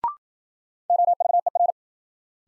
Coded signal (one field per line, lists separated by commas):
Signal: Morse code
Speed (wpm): 53 wpm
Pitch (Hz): 700 Hz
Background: none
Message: OVER